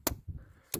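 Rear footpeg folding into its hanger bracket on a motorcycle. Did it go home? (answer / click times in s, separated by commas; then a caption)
yes / 0.1 s, 0.7 s. A rear passenger footpeg on a small ZT125 U motorcycle with 1900 miles is folded up into its hanger bracket and snaps into its detent. Sharp metal clicks sound at 0.1 s and 0.7 s, with soft low thuds between them. The footpeg seats solidly in its up position.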